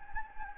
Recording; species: mosquito wingbeat signal from an infrared sensor; Anopheles gambiae